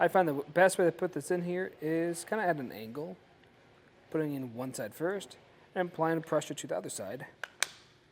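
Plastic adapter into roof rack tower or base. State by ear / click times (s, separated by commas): seated / 7.6 s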